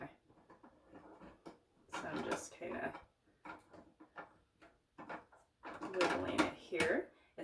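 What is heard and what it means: A water filter cartridge is set into its housing in a water ionizer and left resting in position, making light taps and handling knocks while someone talks. Nothing has clicked or locked yet; the cartridge is only lined up before being pushed down and slid to the right to lock.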